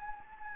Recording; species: mosquito wingbeat signal from an infrared sensor; Anopheles gambiae